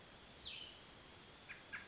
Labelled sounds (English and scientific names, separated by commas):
Cassin's Vireo (Vireo cassinii)